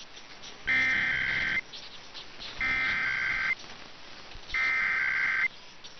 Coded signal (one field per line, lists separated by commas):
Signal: Emergency Alert System (SAME) tones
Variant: header bursts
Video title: [EAS #2564-#2567] Kentucky & Pennsylvania RMTs